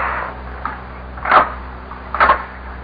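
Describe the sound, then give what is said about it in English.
Knocking on door number 24: two short bursts of dull wooden raps about a second apart, moderately loud against a low steady hum, with no voices. “Knock on the door.”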